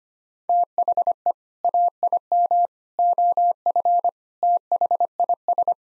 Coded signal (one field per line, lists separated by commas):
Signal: Morse code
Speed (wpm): 25 wpm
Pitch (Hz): 700 Hz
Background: none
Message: THE AIM OF THIS